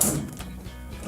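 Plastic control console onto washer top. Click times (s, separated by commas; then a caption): 0.0 s. A plastic control console, put back during a repair of a Whirlpool washer leaking from its hot water inlet hose, is pushed down onto the washer top and snaps into place with a sharp click at 0.0 s. Two softer knocks follow at about 0.3 s and 0.4 s. The console is seated and holds firm and sturdy.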